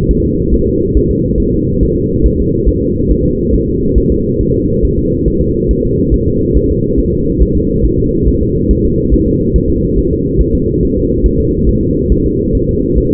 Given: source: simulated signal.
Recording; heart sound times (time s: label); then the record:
fetal heart sounds
0.11 s: S1
0.25 s: S2
0.54 s: S1
0.68 s: S2
0.97 s: S1
1.11 s: S2
1.40 s: S1
1.54 s: S2
1.83 s: S1
1.97 s: S2
2.26 s: S1
2.40 s: S2
2.69 s: S1
2.83 s: S2
3.11 s: S1
3.26 s: S2
3.54 s: S1
3.69 s: S2
3.98 s: S1
4.12 s: S2
4.41 s: S1
4.55 s: S2
4.85 s: S1
4.99 s: S2
5.28 s: S1
5.42 s: S2
5.71 s: S1
5.85 s: S2
6.14 s: S1
6.28 s: S2
6.57 s: S1
6.71 s: S2
7.00 s: S1
7.14 s: S2
7.42 s: S1
7.56 s: S2
7.85 s: S1
8.00 s: S2
8.28 s: S1
8.42 s: S2
8.71 s: S1
8.85 s: S2
9.14 s: S1
9.28 s: S2
9.56 s: S1
9.70 s: S2
9.98 s: S1
10.12 s: S2
10.41 s: S1
10.55 s: S2
10.83 s: S1
10.97 s: S2
11.26 s: S1
11.40 s: S2
11.69 s: S1
11.83 s: S2
12.12 s: S1
12.26 s: S2
12.55 s: S1
12.69 s: S2
12.98 s: S1
13.12 s: S2
From the record:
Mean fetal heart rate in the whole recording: 140 bpm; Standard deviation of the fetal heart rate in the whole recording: 2 bpm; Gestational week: 34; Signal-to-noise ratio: -14.7 dB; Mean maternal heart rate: 72 bpm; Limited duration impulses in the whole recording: present